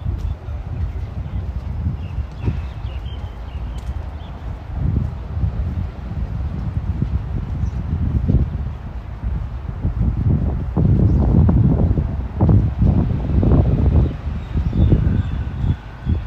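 A walk around Tel Aviv University, with footsteps making a rough, uneven clopping over a steady low rumble like wind buffeting. The thumps and gusts grow denser and louder from about ten seconds on. A few faint high chirps surface early.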